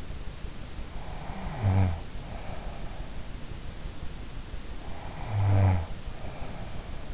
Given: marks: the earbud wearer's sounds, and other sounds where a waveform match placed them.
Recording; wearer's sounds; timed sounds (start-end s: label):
sounds in sleep by an in-ear microphone; snoring breath
0.55-3.48 s: snoring breath
4.88-7.07 s: snoring breath